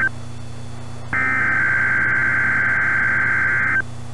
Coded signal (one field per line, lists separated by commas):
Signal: Emergency Alert System (SAME) tones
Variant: header bursts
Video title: EAS PDS Tornado Watch